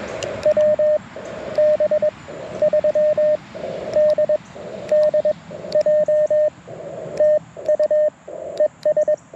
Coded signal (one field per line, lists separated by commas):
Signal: Morse code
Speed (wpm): 21 wpm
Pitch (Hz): 610 Hz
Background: radio noise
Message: WB3DDJ TU ES